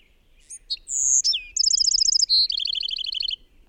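Bird song phrase: a few sharp chirps, a sustained high whistle, then quick trilled series stepping lower in pitch.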